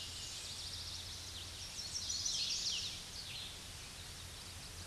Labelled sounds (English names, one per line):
Hooded Warbler song